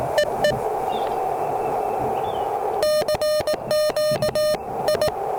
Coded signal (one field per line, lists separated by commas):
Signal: Morse code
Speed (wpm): 18 wpm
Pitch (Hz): 610 Hz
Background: radio noise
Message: EE CQ I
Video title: Taking the truSDX on its first CW POTA activation! Can it activate? We'll find out!